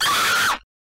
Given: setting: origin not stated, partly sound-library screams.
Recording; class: one-second piece from a danger detection set; woman in danger